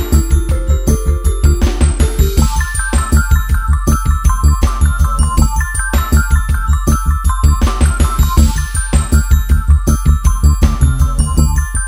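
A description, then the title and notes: A musical piece of bells, chimes and mallet tones over drums and a deep bass. Steady, regular beats pulse throughout, with bright ringing notes held above and a busier, shimmering cluster of hits around the two-second mark and again near eight seconds. A musical composition of bells, rings, chimes, mallets, drums, and bass instruments to create ambiance sounds.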